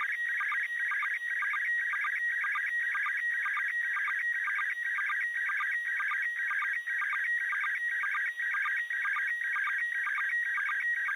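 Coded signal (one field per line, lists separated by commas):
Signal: SSTV (slow-scan television)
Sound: warbling electronic tones with short steady whistles, repeating about twice a second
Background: radio hiss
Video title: Pase ISS SSTV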